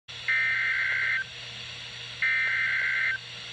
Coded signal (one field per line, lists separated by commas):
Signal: Emergency Alert System (SAME) tones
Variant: header bursts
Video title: KZZ31 Required Weekly Test (5/29/19)